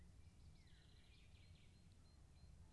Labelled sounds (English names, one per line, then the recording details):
Common Chaffinch
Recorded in Germany
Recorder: ecoPi